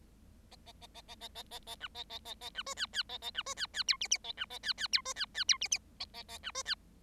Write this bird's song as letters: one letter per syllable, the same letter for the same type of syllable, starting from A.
A A A A A A A A A B A A A A B C D D A A B C D D E F F A B A D D E C D D E F F A A A B C D